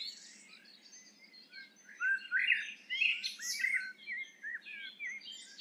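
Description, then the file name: Eurasian blackbird singing a single long phrase of mellow, fluting notes and high squeaky twitters over a faint low background hum. "Turdus merula"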